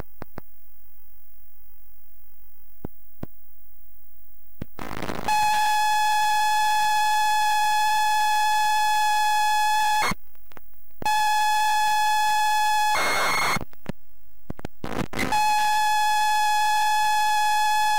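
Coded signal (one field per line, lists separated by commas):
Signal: ZX Spectrum tape loading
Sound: clicks, then a steady buzzy lead tone broken by brief harsh data bursts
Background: tape hiss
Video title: Zx Spectrum Real Tape: Terrormolinos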